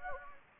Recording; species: mosquito wingbeat signal from an infrared sensor; Anopheles gambiae